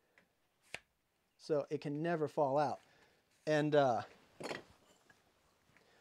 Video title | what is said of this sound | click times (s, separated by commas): How to Make a Case For Your Axe | and it gets wet and you can set that super tight fit you can even hear it lock in | 0.7 s